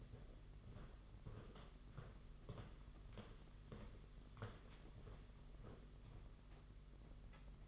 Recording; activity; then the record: daily activity, microphone in the room; walk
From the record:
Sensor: 4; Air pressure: 992.4 hPa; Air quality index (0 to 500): 130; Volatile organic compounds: 45 ppm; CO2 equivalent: 3229 ppm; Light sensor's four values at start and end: 20/72/26/28 and 20/72/26/27